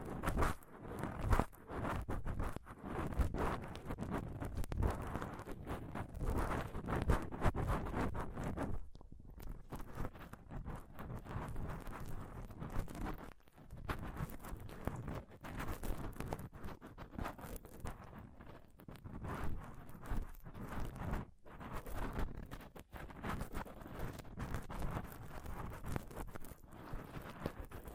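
Close-up microphone scratching and touching, a dense run of rough rubbing and clicking scrapes with brief gaps near 9, 13 and 21 seconds.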